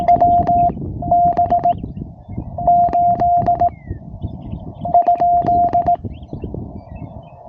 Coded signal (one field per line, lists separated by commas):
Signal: Morse code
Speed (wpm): 18 wpm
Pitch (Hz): 700 Hz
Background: none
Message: WB8?